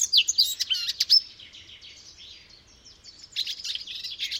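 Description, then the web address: Eurasian blackcap song: a loud opening of sweet whistled notes, then a softer rambling warble, and a fresh burst of energetic chattering near the end. "chant didier collin fauvette a tete noire"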